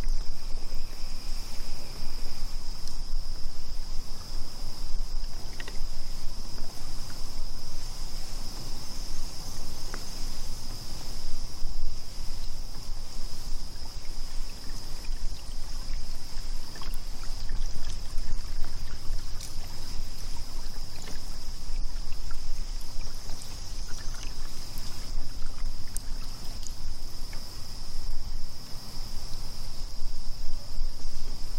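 Kayaking on the water, with a steady high insect drone running unbroken through the whole stretch. Underneath sits a soft low rumble, and small scattered clicks and light splashes come and go without a regular pattern.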